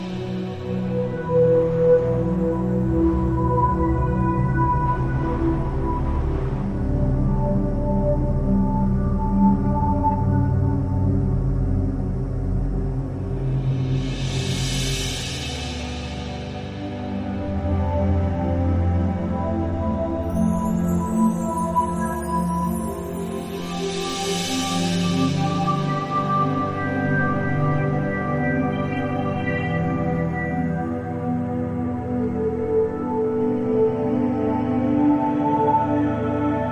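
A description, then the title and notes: Slow ambient music with layered, sustained low tones plays through a wind-swept snowy forest. Two gusts of wind rise and fade around fifteen and twenty-five seconds, hissing over the steady drone. A faint high chime flickers briefly near twenty seconds. Snowy Forest - Ambience and Ambient Music. The soothing sounds of a wind-swept snowy forest, with ambient sounds and beautiful ambient music.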